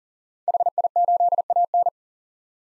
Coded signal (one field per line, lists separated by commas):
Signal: Morse code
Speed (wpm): 40 wpm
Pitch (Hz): 700 Hz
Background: none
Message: HI8AN